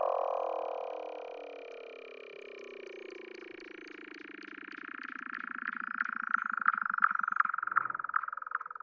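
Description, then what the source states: Weddell seal trill: rapid pulses under a slowly falling tone, with clicking pulses higher up and a brief low swoop near the end. Recorded in Antarctica.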